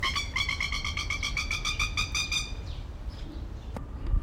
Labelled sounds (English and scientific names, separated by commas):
Masked Lapwing (Vanellus miles) call